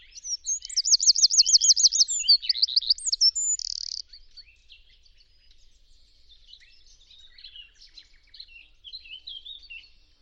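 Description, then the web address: Bird song: a rush of rapid curling notes and a buzzy trill, then softer scattered twitters and chips. "cianscape birddata Deverinetal 2025"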